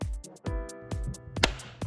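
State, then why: Seated. The left-side plastic mirror of a Creative Baby Cruiser 2-in-1 baby walker car is pushed into its mounting hole in the dashboard while music with a steady beat plays. A sharp click stands out at 1.4 s as the mirror seats in its socket.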